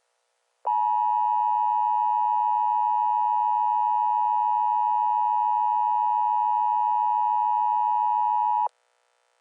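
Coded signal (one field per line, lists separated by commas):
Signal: Emergency Alert System (SAME) tones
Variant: 853 and 960 Hz attention tone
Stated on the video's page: Simulated EAS scenario about runaway train CSX 2310.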